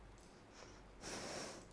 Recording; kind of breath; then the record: one breath in and out by a microphone near the nose and mouth; deep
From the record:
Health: marked as sick, illness not named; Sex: female